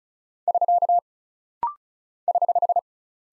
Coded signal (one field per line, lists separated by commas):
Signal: Morse code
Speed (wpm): 36 wpm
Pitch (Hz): 700 Hz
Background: none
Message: <SK> <HH>